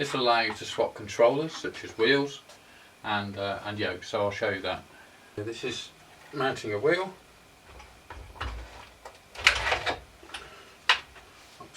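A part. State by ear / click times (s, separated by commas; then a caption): seated / 10.9 s. Someone talks, then a sim-racing steering wheel is pushed onto a quick-release base mount on a motion rig's rectangular wheel plate, with some handling knocks and rattles. It latches with a sharp click at 10.9 s, and the wheel is locked in place.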